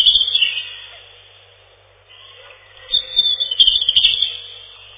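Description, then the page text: European robin song, high warbling phrases at the start, then a pause before a longer run of thin notes and trills, sound muffled. Song described as a loud ringing trill. "Зарянка, или реполов, или малиновка - Erithacus rubecula"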